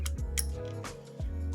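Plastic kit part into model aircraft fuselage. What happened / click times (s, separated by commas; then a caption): The plastic part was pushed into place / 0.1 s, 0.4 s. A forgotten internal part of a 1/72 Hasegawa plastic aircraft kit is shoved into the already glued fuselage after the blocking plastic is cut away, since it won't snap in from the outside. Two sharp, short clicks land at 0.1 s and 0.4 s over a steady low hum. The part seats in place.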